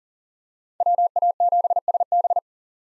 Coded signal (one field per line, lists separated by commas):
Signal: Morse code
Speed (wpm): 40 wpm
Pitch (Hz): 700 Hz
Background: none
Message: WA7SB